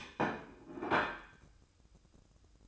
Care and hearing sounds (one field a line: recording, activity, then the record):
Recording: daily activity, microphone in the room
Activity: place plate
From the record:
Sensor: 2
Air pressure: 1007.3 hPa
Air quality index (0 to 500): 39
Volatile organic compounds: 1 ppm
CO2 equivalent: 538 ppm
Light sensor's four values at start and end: 6/15/6/6 and 6/15/6/6